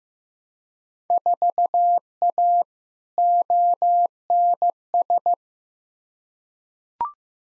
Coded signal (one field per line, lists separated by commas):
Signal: Morse code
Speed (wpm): 15 wpm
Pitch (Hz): 700 Hz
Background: none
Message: 4A ONS